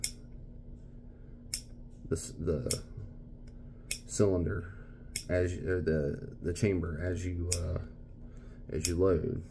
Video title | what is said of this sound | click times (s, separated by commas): Heritage Rough Rider Part 2 update | individ you have to individually rotate to each cylinder and see it's got that nice click it won't let you go past | 0.0 s, 1.5 s